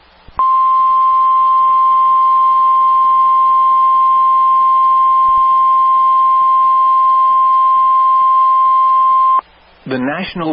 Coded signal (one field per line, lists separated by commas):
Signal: Emergency Alert System (SAME) tones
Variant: 1050 Hz attention tone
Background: speech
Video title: Severe Thunderstorm Watch #590 (8/15/25) [EAS #281]